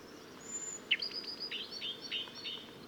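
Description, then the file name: Common blackbird calls: a sharp chink followed by a quick run of short, high, clipped notes, with a thin high whistle just before, over steady low background noise. "Turdus merula"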